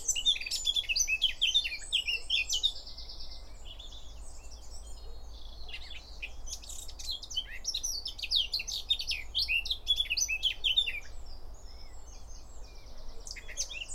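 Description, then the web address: Eurasian blackcap song, a dense run of quick high twitters and scratchy warbled notes going almost without pause, over constant low background noise. "SETE Sylvia atricapilla"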